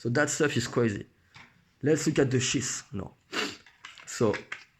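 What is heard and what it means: A tanto knife blade is handled near its retention sheath while someone talks, with a few faint, brief taps and rustles between the words. Nothing has seated or clicked yet; the blade has not locked into the sheath by the end of the clip.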